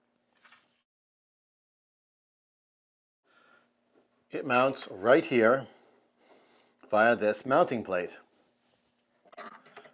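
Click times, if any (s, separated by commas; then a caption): 9.3 s, 9.8 s. Someone talks while the combined filament-changer and hub unit for a FlashForge AD5X 3D printer is pushed onto its mounting plate on the printer. Two short, sharp clicks are heard at 9.3 s and 9.8 s as the unit snaps into place and seats.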